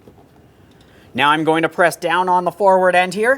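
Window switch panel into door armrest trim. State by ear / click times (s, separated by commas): not seated / none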